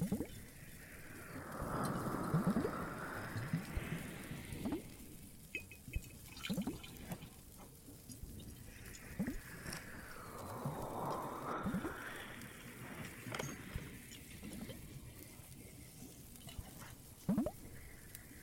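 Ear massage sounds: slow rubbing swells that rise and fade in waves, peaking around 2, 10 and 14 seconds, with soft watery, rain-like texture throughout. Scattered light taps and small clicks punctuate the motion, a sharper one near 17 seconds.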